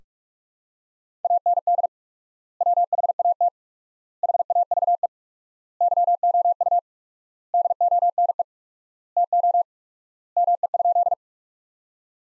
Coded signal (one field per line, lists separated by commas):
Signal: Morse code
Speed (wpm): 46 wpm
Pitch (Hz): 700 Hz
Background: none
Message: AND WHAT HAVE YOU DONE TO ME?